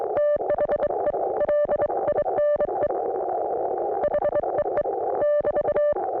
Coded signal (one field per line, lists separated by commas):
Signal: Morse code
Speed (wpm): 24 wpm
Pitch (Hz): 590 Hz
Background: none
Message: THE LINE HEE <BT>